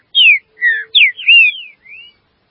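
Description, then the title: Green-winged saltator song phrase of five or six clear whistled notes, mostly falling slurs, ending in a softer rising whistle. "Trinca Ferro"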